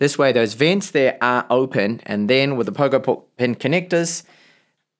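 A detachable magnetic keyboard is being brought up to the pogo pin connector edge of a Minisforum V3 tablet (Ryzen 7 8840U, Windows 11 Pro) while someone talks throughout. No snap or click is heard, and the keyboard has not seated yet.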